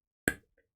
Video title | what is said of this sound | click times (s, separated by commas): Give G2 Bionicle Any Color Eyes You Want | Clicks in place and it works you can see the eyes there now | 0.3 s